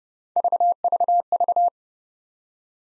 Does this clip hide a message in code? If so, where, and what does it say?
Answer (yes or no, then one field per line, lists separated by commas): no